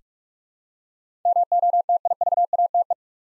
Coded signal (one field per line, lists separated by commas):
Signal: Morse code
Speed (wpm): 46 wpm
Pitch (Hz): 700 Hz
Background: none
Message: MOTIVATE